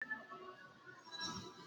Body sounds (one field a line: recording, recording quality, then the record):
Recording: deep breathing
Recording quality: poor, much background noise or distortion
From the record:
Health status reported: healthy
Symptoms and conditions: none ticked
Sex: female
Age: 23 years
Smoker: not ticked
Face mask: worn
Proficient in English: yes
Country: India